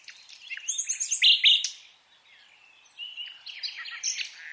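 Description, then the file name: Common nightingale song, partly masked by a hiss: a burst of loud, harsh, varied notes, a short quiet gap, then softer whistled and chirping phrases. "Luscinia megarhynchos"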